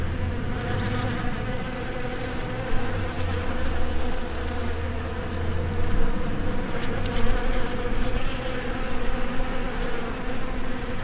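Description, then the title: Bees droning, a steady layered hum with a deeper low rumble wavering underneath and scattered light clicks. Recorded between 2010 and 2012 during professional travels. "Abeilles"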